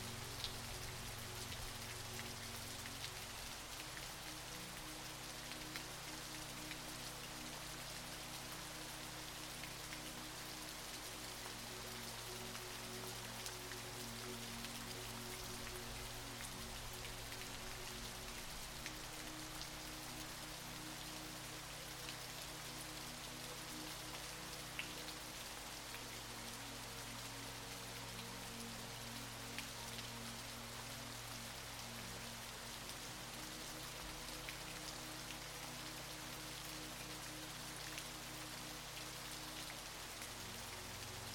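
A whispering waterfall pours without pause, a dense, even hiss of falling water filling the clip. Beneath it, soft music of low, sustained tones drifts, shifting to a new chord every several seconds. The level stays steady throughout.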